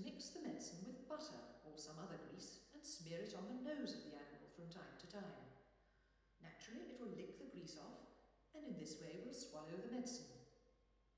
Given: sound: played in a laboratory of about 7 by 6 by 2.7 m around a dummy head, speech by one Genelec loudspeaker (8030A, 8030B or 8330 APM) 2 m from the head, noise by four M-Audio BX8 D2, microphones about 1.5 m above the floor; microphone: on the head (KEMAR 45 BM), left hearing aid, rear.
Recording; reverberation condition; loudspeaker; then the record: female speech in English; high; 150 degrees to the left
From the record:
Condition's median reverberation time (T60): about 1300 ms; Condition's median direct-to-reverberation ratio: about -4.0 dB